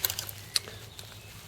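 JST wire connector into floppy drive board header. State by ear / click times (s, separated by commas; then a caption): not seated / none. A small JST wire connector is handled and pushed down toward its header on an Archimedes floppy drive board, giving sharp, faint ticks and scrapes near 0.1, 0.2, 0.3 and 0.6 seconds over a low steady hum. Nothing has seated or clicked yet.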